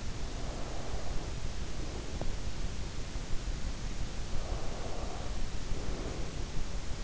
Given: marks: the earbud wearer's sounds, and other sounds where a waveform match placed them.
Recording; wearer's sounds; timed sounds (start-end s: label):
sounds in sleep by an in-ear microphone; breath
0.00-2.51 s: breath
4.05-6.45 s: breath